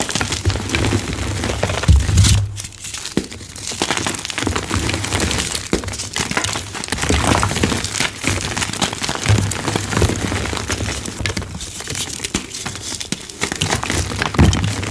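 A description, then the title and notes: Dyed gym chalk blocks are crushed in a dense, continuous run of crisp crunching and crumbling, thick with tiny cracks and snaps. A louder, sharper crush stands out near the two-second mark, and a low steady hum runs underneath throughout. 25+ Deep Blue Dyed Chalk Blocks Fast Crushing, Loud ASMR Sounds. Loud, fast asmr oddly satisfying crispy dyed gym chalk crushing sounds.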